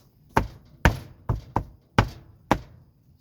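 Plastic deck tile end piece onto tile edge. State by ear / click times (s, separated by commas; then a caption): seated / 0.9 s, 2.0 s, 2.5 s. A plastic deck tile end piece is pressed onto the tile edge, giving a series of six sharp plastic snaps over about three seconds as the tabs engage. The loudest snaps come at 0.9, 2.0 and 2.5 seconds, and the end piece is seated.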